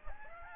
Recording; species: mosquito wingbeat signal from an infrared sensor; Aedes aegypti